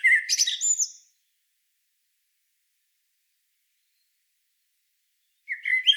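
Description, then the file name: Common blackbird song fragments: the end of a warbled phrase with high twittering, a long pause, then the mellow opening notes of another phrase. "Turdus merula"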